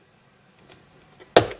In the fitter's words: here you hear the clicks here I